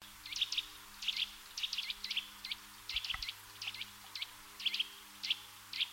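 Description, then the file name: Eurasian nuthatch calling with bright, quick double and triple notes at a steady pace, a faint low hum and one brief thump in the background. "Sitta europaea"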